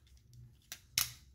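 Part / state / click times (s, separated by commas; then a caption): plastic figure leg tabs into foot holes / seated / 1.0 s. The plastic tabs on the back of a Transformers Leader class Astrotrain figure's leg are pressed into the holes on the bottom of its second foot. A few faint ticks and a sharper click at 0.7 s lead up to a loud snap at 1.0 s as the foot seats firmly in place.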